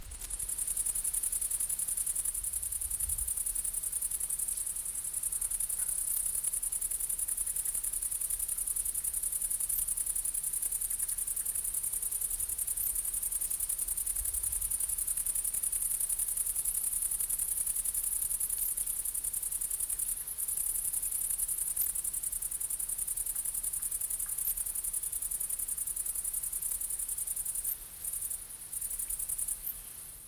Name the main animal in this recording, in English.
Great Green Bush-cricket